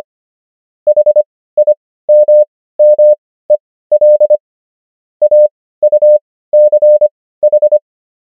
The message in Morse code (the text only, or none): HIMMEL AUCH